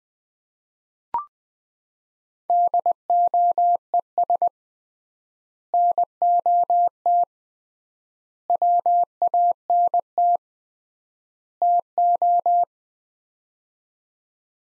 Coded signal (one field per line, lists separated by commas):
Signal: Morse code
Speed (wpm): 20 wpm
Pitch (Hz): 700 Hz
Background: none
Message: DOES NOT WANT TO